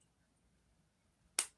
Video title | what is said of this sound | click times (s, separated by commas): let's build a pokemon! | There we go. Yeah, it's a very satisfying click. | 1.4 s